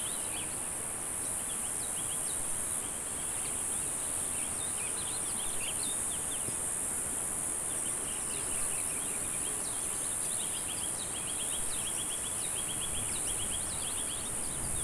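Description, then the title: Cicadas in an unbroken high buzzing chorus, with bird chirps throughout and continuous low rumbling noise beneath. "neoscenes: cicadas"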